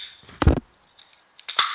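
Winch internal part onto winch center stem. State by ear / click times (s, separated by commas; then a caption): partly seated / 1.6 s. During reassembly of a Lewmar 7 winch, a metal internal part is pushed down one-handed onto the winch center stem, with a burst of knocking sounds around 0.4 to 0.6 s. It snaps partly into place with a sharp click at 1.6 s, but it is not fully seated above the ring.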